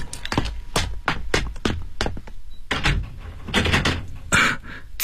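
household object, door being opened

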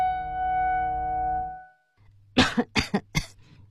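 human body sound, coughing

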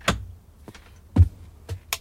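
household object, door being opened

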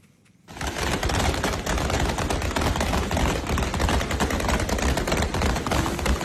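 impact, gunshots fired

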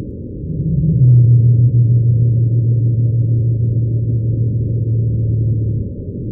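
animal, pygmy blue whale song

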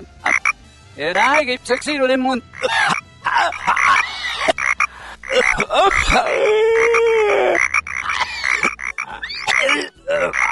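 sound effect, frog croaking

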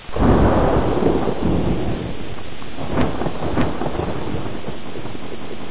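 nature, thunderstorm with rain

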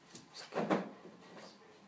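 household object, door being closed

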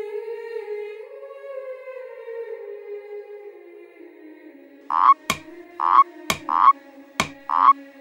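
animal, frogs croaking

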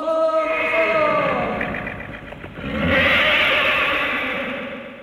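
animal, horse neighing

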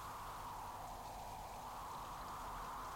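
nature, pouring rain

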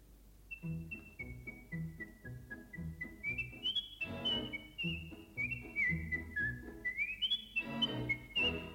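human body sound, person whistling a melody

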